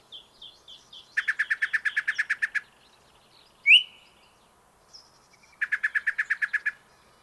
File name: Yellow breasted Chat Icteria virens